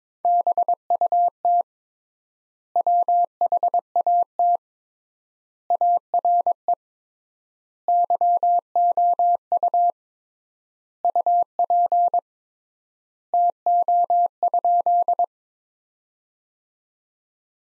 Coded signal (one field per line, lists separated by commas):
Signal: Morse code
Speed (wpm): 22 wpm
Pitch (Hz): 700 Hz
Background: none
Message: BUT WHAT ARE YOU UP TO?